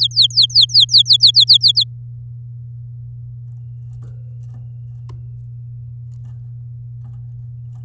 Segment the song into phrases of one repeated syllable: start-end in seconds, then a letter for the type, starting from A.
0.01-1.57 A, 1.61-1.84 B